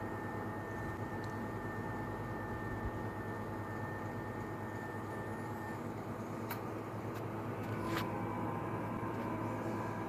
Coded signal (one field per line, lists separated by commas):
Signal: FT8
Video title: Power Amp BLA350 Plus in FT8 Mode